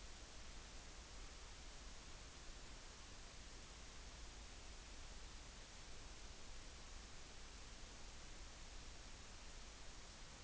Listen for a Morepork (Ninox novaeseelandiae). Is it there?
no